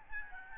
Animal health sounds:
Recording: mosquito wingbeat signal from an infrared sensor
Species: Aedes albopictus

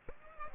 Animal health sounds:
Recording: mosquito wingbeat signal from an infrared sensor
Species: Aedes aegypti

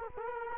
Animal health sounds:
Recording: mosquito wingbeat signal from an infrared sensor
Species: Culex quinquefasciatus

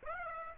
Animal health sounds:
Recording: mosquito wingbeat signal from an infrared sensor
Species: Aedes aegypti

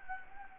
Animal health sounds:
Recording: mosquito wingbeat signal from an infrared sensor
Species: Anopheles gambiae

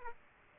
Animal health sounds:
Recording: mosquito wingbeat signal from an infrared sensor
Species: Aedes aegypti

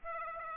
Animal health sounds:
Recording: mosquito wingbeat signal from an infrared sensor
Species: Aedes aegypti

